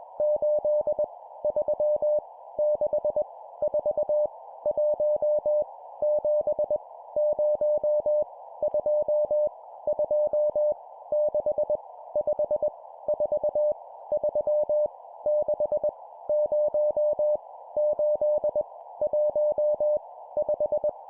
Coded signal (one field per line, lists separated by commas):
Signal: Morse code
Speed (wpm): 21 wpm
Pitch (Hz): 600 Hz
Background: none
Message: 8 3 6 4 1 7 0 2 2 6 5 4 3 6 0 8 1 5